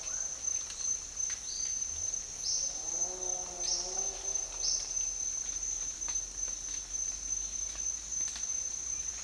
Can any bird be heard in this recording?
no